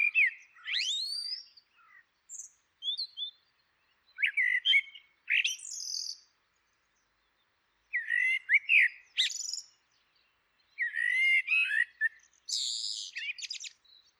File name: Merle noir Turdus merula